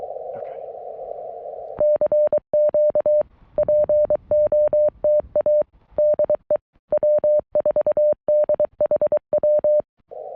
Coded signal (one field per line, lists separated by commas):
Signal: Morse code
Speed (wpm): 23 wpm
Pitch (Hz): 600 Hz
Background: none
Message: CQ POTA DE W4DHW